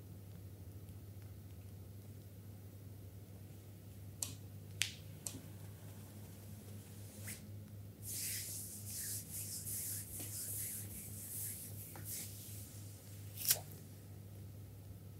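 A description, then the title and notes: A full body spa massage with a massager: a steady low motor hum, sharp snapping clicks around 4–7 and 13 seconds, and hissy rubbing between 8 and 12. Spa full body massage with massager.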